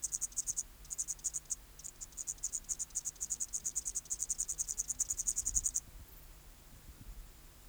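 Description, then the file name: Upland green bush-cricket song in high buzzy bursts, briefly broken early, then stopping abruptly near the end, leaving quiet background with a few low thuds. "Tettigonia cantans"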